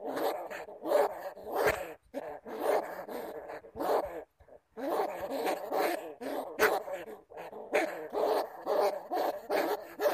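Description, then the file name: Bamboo rat uttering rapid, rough, nasal calls in quick succession, broken by a short silence near the middle. "Tieng dui keu"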